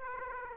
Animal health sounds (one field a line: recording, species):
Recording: mosquito wingbeat signal from an infrared sensor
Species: Aedes aegypti